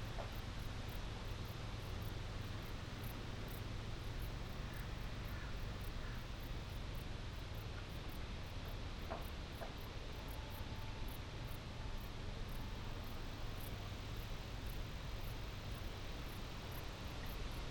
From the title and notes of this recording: Steam train stops at country station. It's a perfect Shropshire August day. We took this sound photograph of a steam train passing through Arley station last month. Balmy country sounds.